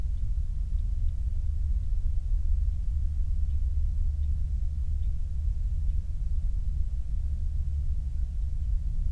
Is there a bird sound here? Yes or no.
yes